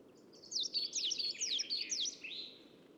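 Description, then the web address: Coal tit: high, rapid sweeping notes tumble out for about two seconds, a small songbird's bright phrase over a faint low background hum. Recorded at Assistens. "assistens Sortmejs"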